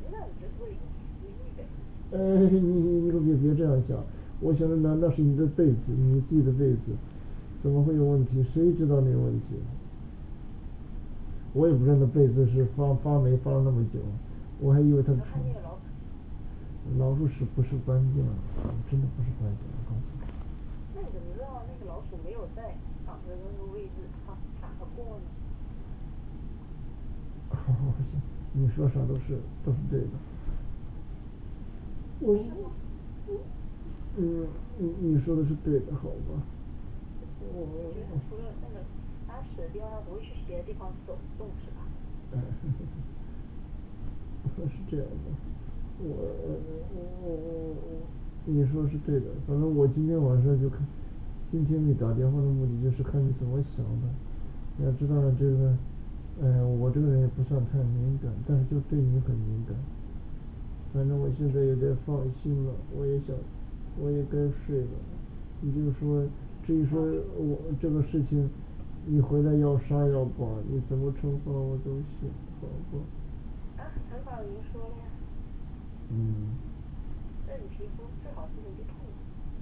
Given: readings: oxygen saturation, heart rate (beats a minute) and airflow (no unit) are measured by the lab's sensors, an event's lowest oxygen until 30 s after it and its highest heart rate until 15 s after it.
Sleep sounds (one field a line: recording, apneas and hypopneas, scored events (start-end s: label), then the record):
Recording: a person awake in a sleep study, by a smartphone at the bedside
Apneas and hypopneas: none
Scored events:
0.00-79.62 s: awake
From the record:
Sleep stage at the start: awake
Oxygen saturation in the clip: 94 to 96%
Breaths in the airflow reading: 23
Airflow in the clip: -6.0 to 5.8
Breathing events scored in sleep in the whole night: 216 in 7.0 hours asleep